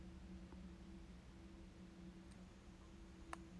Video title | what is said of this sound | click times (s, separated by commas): Lamy Lx in Palladium & the Pilot Cavalier in Champagne Gold | I think I just kind of showed you that and you can hear the click and | 3.3 s